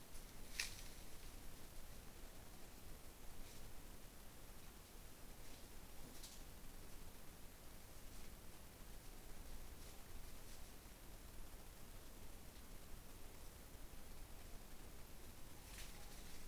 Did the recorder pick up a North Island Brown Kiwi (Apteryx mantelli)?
no